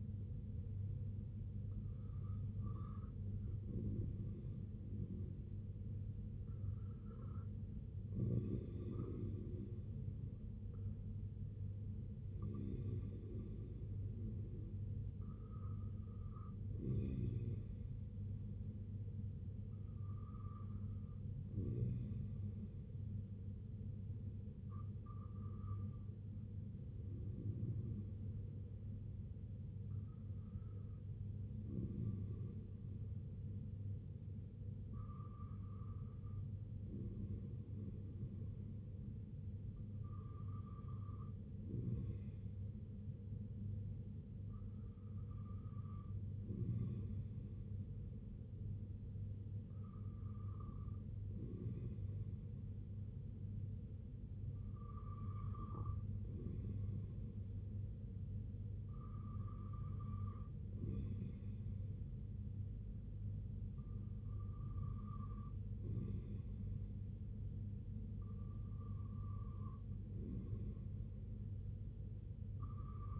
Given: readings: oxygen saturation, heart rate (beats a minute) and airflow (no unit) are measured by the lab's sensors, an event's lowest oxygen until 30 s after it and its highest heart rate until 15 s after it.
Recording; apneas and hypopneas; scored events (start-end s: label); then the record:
breathing in sleep by a smartphone at the bedside; none
none scored
From the record:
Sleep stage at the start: REM sleep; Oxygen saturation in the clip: 94 to 97%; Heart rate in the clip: 64 to 76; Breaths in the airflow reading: 15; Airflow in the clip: -6.1 to 4.1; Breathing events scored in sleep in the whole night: 258 in 7.4 hours asleep